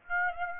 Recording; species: mosquito wingbeat signal from an infrared sensor; Aedes aegypti